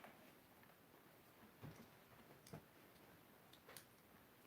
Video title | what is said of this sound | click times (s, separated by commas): Dremel 4300 Tool Review | this locks in place and there it is it's ready to go okay | 3.8 s